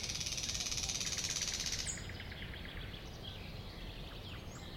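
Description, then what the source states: Thrush nightingale song: a loud, dry rattling burst of rapid pulses for about two seconds, then a quieter series of short clicking notes over steady low rumble. Recorded at a woodland edge next to a lake.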